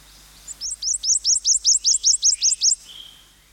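Prothonotary warbler song: a rapid, even series of many loud, high, identical notes, the first ones softer.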